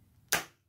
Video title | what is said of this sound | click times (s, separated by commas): Apollo City 2022 & City Pro Stem Wobble Fix | you go you want to hear that click and then let me let me try to push it forward | 0.3 s